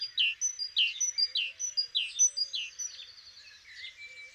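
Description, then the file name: Great tit song of high two-part phrases, repeated rapidly, fading and becoming blurred in the second half. "Parus major"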